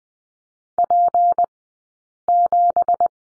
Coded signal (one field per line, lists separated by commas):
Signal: Morse code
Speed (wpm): 20 wpm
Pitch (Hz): 700 Hz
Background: none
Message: P7